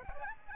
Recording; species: mosquito wingbeat signal from an infrared sensor; Aedes aegypti